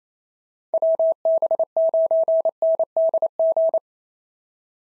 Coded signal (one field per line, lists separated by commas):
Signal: Morse code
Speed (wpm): 27 wpm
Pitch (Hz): 650 Hz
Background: none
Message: WB9NDG